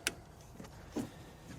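A large 54-pin cam lock harness connector is pushed into the infotainment module and locked during a 4" to 8" factory SYNC 3 upgrade on a 2020+ Ford Transit. A single sharp plastic click sounds at 0.1 s, followed by softer handling knocks around 1.0 s and 1.6 s. The connector is seated and locked home.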